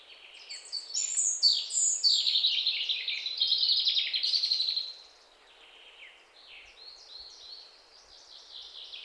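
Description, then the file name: European robin singing a sweet, high, tumbling phrase of quick trills and descending slurs, then a softer run of twittering notes. "Erithacus rubecula"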